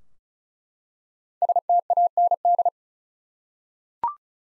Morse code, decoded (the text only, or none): STAND